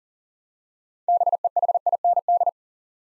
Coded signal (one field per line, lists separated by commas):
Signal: Morse code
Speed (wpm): 37 wpm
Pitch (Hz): 700 Hz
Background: none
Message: BEHIND